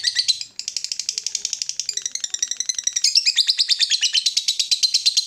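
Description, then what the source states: Yellow-vented bulbul chattering with quick, repeated high notes in a continuous, pulsing stream that grows slightly louder in the second half. Used as a bird lure (pikat).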